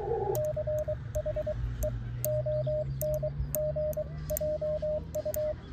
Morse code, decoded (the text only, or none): CHEONGJU